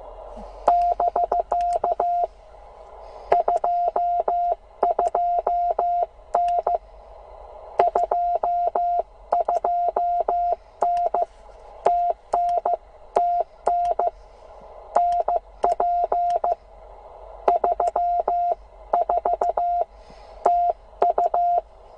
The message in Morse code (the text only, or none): <BK> 22N 22N TN TN NP 34 TU